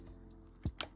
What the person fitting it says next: You'll usually feel and hear it click right into place.